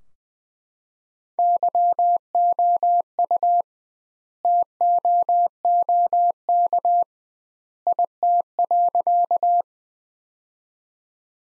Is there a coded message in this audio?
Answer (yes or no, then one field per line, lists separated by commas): yes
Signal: Morse code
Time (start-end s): 1.4-9.6 s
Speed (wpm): 21 wpm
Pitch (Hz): 700 Hz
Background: none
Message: YOU TOOK IT.